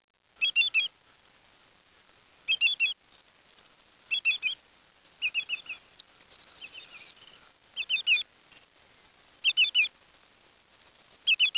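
Bird chirps in short bursts of a few high squeaky notes at irregular intervals, with a softer buzzy trill near the middle.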